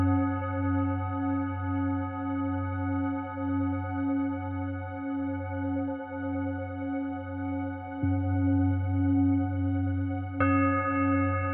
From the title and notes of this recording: 741Hz. Healing with Tibetan bowls.